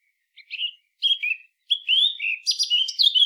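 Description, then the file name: Eurasian blackcap singing a varied warble of short chirpy notes, starting quietly and growing fuller and louder toward the end. "Sylvia atricapilla"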